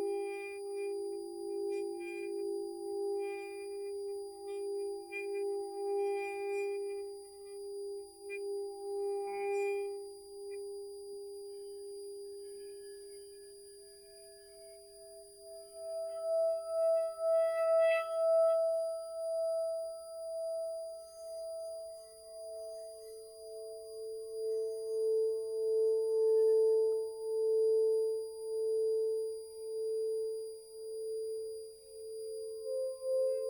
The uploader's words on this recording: Wabi Sabi sound bath.